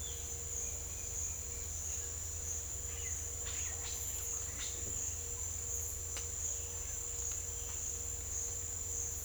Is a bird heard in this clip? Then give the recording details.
no. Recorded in secondary vegetation near Puerto Asís, Putumayo, Colombia, on 26 December 2024 at 07:30. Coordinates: 0.488, -76.319. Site GP04